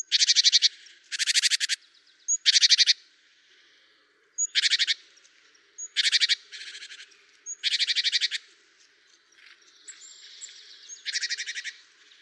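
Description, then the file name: Great tit harsh, buzzy churring calls in several short rattling bursts, with thin high notes between them. "Parus major"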